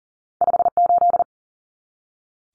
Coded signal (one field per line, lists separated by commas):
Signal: Morse code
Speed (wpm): 40 wpm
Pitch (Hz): 700 Hz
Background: none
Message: 58